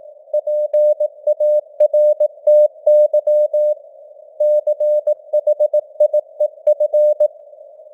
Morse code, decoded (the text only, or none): PARTY CHIEF